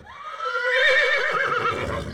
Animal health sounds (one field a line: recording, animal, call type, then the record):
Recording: contact call of a hoofed animal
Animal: horse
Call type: whinny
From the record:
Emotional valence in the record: positive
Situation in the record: reunion with the whole group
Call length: 2.2 s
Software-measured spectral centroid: 2100 Hz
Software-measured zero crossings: 2780 a second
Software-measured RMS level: -23 dBFS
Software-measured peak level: -8 dBFS